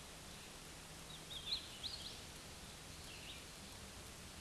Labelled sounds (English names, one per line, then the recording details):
Hooded Warbler song
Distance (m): 60 m
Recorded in a Pennsylvania forest on 18 May 2023 at 11:18
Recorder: AudioMoth, point grid1_5_low
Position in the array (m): 55 m, 100 m